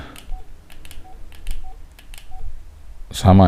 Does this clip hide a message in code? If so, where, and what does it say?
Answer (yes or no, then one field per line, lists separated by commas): no